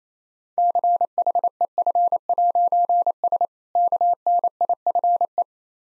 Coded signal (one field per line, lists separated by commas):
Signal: Morse code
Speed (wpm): 28 wpm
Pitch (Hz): 700 Hz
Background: none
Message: CHEF'S KNIFE